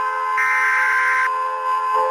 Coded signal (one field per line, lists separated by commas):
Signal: Emergency Alert System (SAME) tones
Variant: header bursts